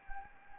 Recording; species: mosquito wingbeat signal from an infrared sensor; Anopheles gambiae